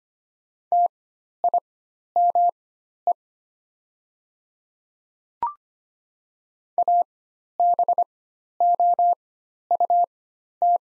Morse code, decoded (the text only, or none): TIME ABOUT